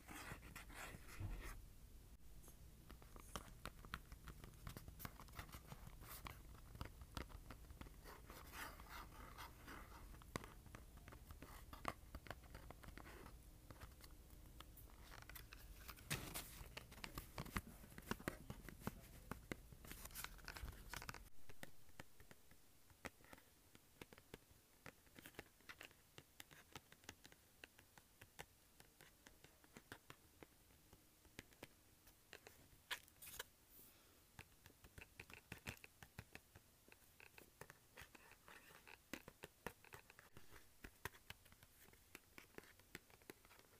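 Cardboard container being handled, with dense crackling, rubbing and tapping sounds layered over a steady low rumble. Around 21 seconds the rumble drops away and the handling becomes sparser and quieter, with scattered scratches and soft taps continuing to the end.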